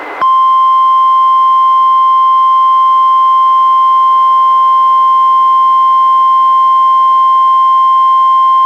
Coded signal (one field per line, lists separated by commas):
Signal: Emergency Alert System (SAME) tones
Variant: 1050 Hz attention tone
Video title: EAS #664: NWR Required Weekly Test- July 20, 2022- 11:10AM PDT